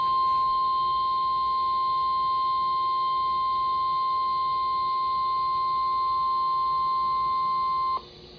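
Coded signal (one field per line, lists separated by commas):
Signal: Emergency Alert System (SAME) tones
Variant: 1050 Hz attention tone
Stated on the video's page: Flash flood warning broadcast on NOAA Weather Radio station WXL60.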